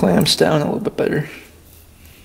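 Someone talks while handling the metal choke lever of a carburetor after the choke tab has been bent, working it toward its detent hole on the carburetor. The speech fills the first second or so, then it fades to a quiet low background. The lever has not clicked into its detent yet.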